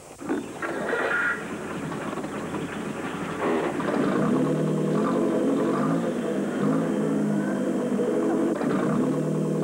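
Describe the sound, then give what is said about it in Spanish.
A car engine revs hard and steadily while the car sits on a jack, its rear wheels off the ground spinning freely in the air so the car cannot move; a loud continuous whirring roar that swells and grows louder partway through, with no voices. “Yo creía que incluso un novato se habría percatado de que el coche no puede avanzar si está puesto el gato y las ruedas traseras no tocan el suelo.”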